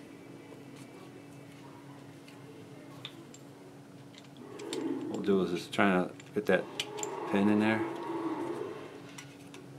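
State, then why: Seated. Someone talks while working the retaining pin and plate of a Pearce polymer grip extension onto a Glock 43 pistol magazine body, with soft handling and scraping sounds. Two small clicks at 9.2 and 9.5 seconds mark the grip extension base plate snapping into place, fully seated.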